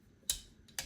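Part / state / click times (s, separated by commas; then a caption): a latching component, likely the magazine, in a rifle stock and action / seated / 0.3 s, 0.8 s. While test-fitting a .35 Whelen rifle action in an aftermarket stock, a latching part, probably the magazine or bottom metal, is worked. Two sharp metallic clicks ring out at 0.3 s and 0.8 s, with a faint tick just before the second. The part latches with a positive click and is seated.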